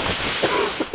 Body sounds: coughing mixed with background sound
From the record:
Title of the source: 31 night wet cough

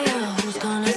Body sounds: coughing mixed with background sound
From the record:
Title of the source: female coughing - coughing sound effects girl

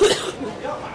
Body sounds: coughing mixed with background sound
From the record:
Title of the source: 30 Chesty and wet cough

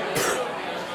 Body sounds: coughing mixed with background sound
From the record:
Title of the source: 34 coughing up crap again

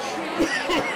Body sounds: coughing mixed with background sound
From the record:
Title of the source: Dry Afternoon Cough

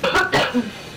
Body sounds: coughing mixed with background sound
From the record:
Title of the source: Barking cough - # 10

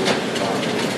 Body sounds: background sound without coughing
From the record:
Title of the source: Office Sounds Ambience - Background Noise for Study and Work

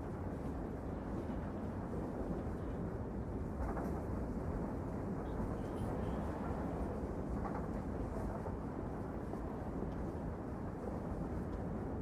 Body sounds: background sound without coughing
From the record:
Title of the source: Train Ride Ambience ambient white noise for sleeping, focus, studying, reading

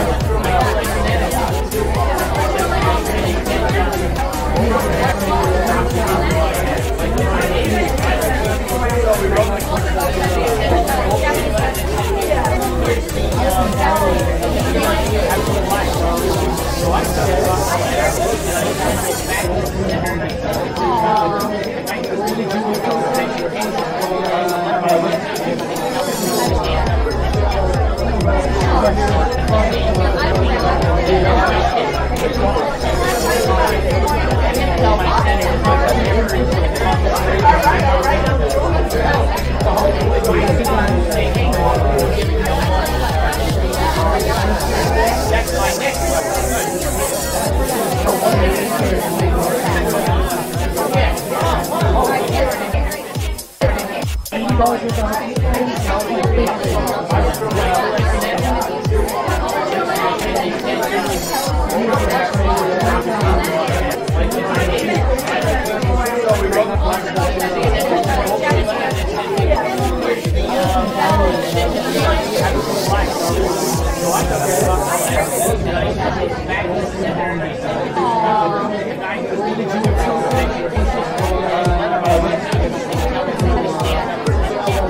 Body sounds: background sound without coughing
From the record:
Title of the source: Nightlife Party Simulating Party Club Noise 1 Hour

